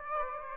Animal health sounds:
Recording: mosquito wingbeat signal from an infrared sensor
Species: Aedes aegypti

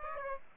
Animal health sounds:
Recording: mosquito wingbeat signal from an infrared sensor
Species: Aedes aegypti

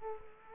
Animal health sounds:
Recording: mosquito wingbeat signal from an infrared sensor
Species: Culex quinquefasciatus

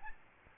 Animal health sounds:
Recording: mosquito wingbeat signal from an infrared sensor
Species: Aedes albopictus

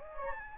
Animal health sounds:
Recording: mosquito wingbeat signal from an infrared sensor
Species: Anopheles gambiae

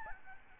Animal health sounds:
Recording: mosquito wingbeat signal from an infrared sensor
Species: Aedes albopictus

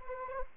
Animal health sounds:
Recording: mosquito wingbeat signal from an infrared sensor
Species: Anopheles arabiensis

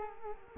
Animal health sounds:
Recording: mosquito wingbeat signal from an infrared sensor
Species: Culex quinquefasciatus

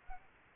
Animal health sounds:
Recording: mosquito wingbeat signal from an infrared sensor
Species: Aedes aegypti

